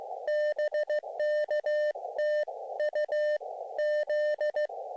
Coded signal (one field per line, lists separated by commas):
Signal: Morse code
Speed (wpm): 15 wpm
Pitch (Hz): 590 Hz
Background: radio noise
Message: BK TU Z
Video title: SOTA, Little Grass Mountain, Oregon coast range